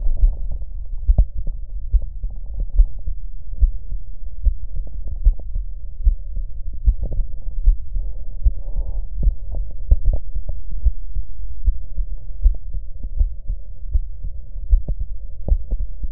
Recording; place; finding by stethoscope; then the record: heart sounds by stethoscope; tricuspid valve (TV); normal heart sounds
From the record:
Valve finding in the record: tricuspid regurgitation, grade 0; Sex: male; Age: 56 years